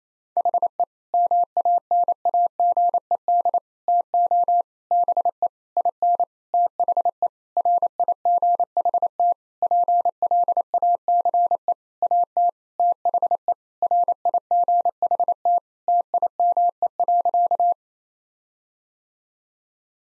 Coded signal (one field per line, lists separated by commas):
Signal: Morse code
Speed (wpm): 28 wpm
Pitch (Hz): 700 Hz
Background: none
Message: HE MANAGED TO BE IN THE RIGHT PLACE AT THE RIGHT TIME.